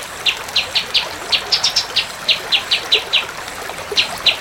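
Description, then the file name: Orange-spotted bulbul delivering repeated crisp chips, roughly several per second, with short gaps between runs over low hiss. "kapas tembak"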